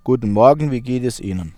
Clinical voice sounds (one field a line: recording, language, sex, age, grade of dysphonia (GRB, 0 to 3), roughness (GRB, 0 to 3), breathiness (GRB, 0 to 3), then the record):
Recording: spoken sentence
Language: German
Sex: male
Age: 30 to 39 years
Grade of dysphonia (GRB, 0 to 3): 0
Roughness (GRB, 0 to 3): 0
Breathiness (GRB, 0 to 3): 0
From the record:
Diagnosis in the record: healthy voice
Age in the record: 35 years